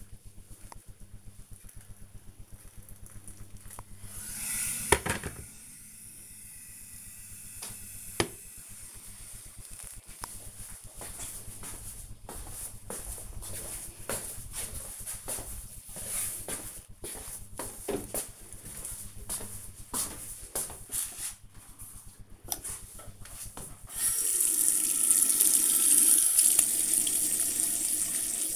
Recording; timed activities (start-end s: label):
household activities, microphone on the right wrist
0.00-5.65 s: making tea
19.75-28.56 s: washing hands